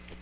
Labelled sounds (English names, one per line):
Magnolia Warbler flight call